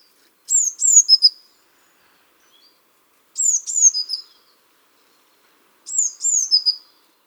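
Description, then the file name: Eurasian blue tit calls: three short bursts of thin, very high notes that slide downward, each burst about one second long and repeated roughly every two and a half seconds. "Cyanistes caeruleus"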